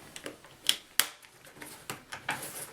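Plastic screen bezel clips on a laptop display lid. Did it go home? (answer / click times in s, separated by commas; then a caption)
released / 0.7 s, 1.0 s, 2.3 s. The plastic screen bezel is pried off the display lid of an Acer Aspire 5534-5410 laptop, and its snap clips pop free at 0.7, 1.0 and 2.3 seconds. Each is a sharp plastic snap among softer creaks and ticks. The clean snapping means the plastic is releasing rather than breaking.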